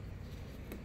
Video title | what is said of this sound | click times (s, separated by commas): HID Tips for your Scat Pack/Hellcat... | it snaps into place | 0.7 s